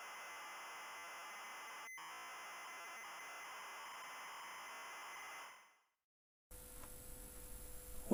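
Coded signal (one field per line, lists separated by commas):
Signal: ZX Spectrum tape loading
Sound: five seconds of harsh buzzing screech, a fade to silence, then quiet hiss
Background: background hiss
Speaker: see you all in part one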